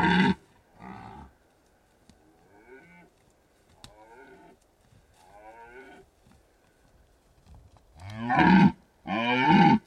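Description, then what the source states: Red deer roaring: loud bellows at the start and end with several softer roars in between. Stags rutting in the Carpathian Mountains, Bucovina, Romania.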